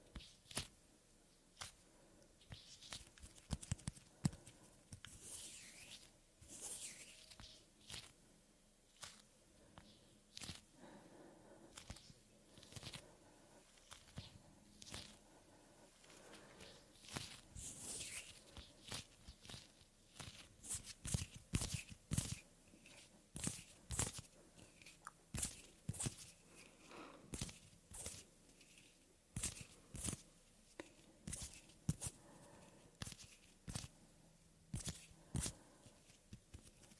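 Soft hand and skin sounds, with irregular rubbing, brushing and crisp taps that come more densely after twenty seconds over a quiet hiss.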